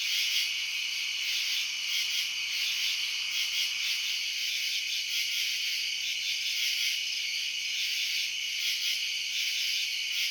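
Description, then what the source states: Crickets chirping in a dense, steady chorus, high-pitched, with a continuous shimmering pulse and no other clear sounds. Residential suburbs at night.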